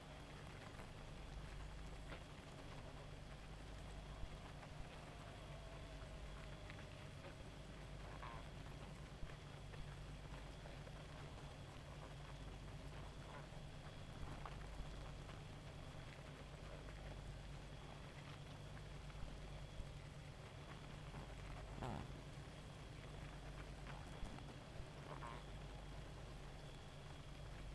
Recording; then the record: honeybee colony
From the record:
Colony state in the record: active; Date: 28 July 2017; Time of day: 1:20